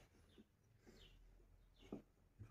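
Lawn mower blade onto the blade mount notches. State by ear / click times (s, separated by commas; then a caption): not seated / none. A metal lawn mower blade is fitted onto its blade mount, which has two notches, to test whether it sits. Faint handling and scraping sounds lead to a short, sharp knock at about 1.9 s. The blade does not seat that way round, meaning it is upside down, and nothing has seated or clicked yet.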